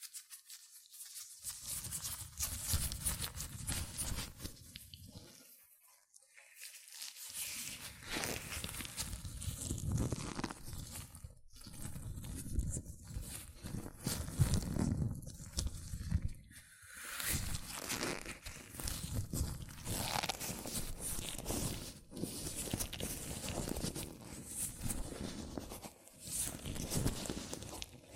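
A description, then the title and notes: Hands rubbing and squeaking in latex gloves, a dense, uneven rustling with short pauses near six, eleven and seventeen seconds. ASMR Latex Gloves Hand Sounds (No Talking).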